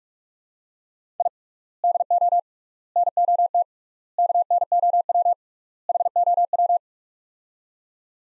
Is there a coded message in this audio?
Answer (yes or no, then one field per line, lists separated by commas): yes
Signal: Morse code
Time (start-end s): 1.2-6.8 s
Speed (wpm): 47 wpm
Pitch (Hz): 700 Hz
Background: none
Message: I DO NOT KNOW HOW